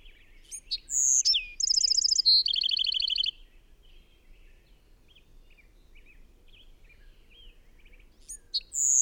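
Bird song: a phrase of sharp notes, a tone and a rattling trill, then quiet with soft background chirps before the next phrase begins.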